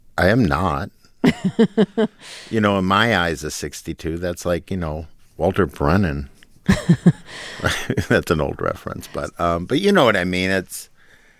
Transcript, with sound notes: I am not.
(Laughter).
You know, in my eyes as 62 that's, like, you know, Walter Brennan.
(LAUGHTER)
That's an old reference, but you know what I mean.